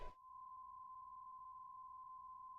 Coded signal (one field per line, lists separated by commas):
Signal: PSK63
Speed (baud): 62.5 baud